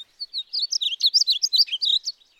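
Painted Bunting song: a quick, high, sweet warble of many slurred notes, with no other sounds.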